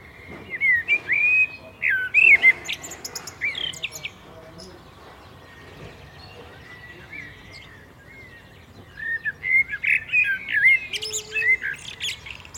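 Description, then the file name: Common blackbird calls in two bursts of quick chirps and slurred whistles, separated by a few seconds of quiet; a faint thin tone appears near the end. "Turdus merula"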